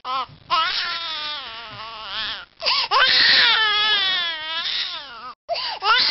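A baby cries in sustained, high-pitched wails with rising and falling pitch, broken by brief gasping pauses for breath. The cry is loud and tonal, with a strained, urgent quality typical of ordinary infant crying.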